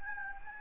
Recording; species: mosquito wingbeat signal from an infrared sensor; Anopheles gambiae